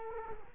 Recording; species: mosquito wingbeat signal from an infrared sensor; Culex quinquefasciatus